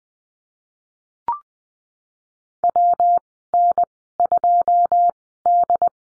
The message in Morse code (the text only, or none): WN2D